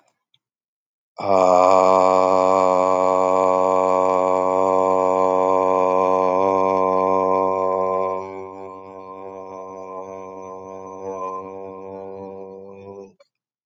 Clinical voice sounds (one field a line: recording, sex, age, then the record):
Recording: vowel held as long as possible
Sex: male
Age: 30 to 39 years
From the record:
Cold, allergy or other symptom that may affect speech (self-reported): no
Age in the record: 31 years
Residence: Texas, United States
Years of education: 16